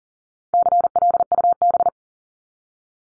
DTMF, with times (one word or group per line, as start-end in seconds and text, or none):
none